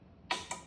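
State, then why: Torque reached. An inexpensive $15 torque wrench tightens the oil drain plug on the gearbox of a 2025 Stark Varg EX electric dirt bike. After a faint, quiet start, a sharp bright click sounds at 0.3 s, followed by a weaker metallic tick at 0.5 s. The click at 0.3 s marks the wrench reaching its torque setting, so the plug is done.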